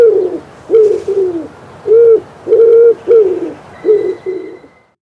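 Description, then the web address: Common wood pigeon cooing, several low soft coos in a quick rhythmic phrase. "Przyroda Ptaki Grzywacz"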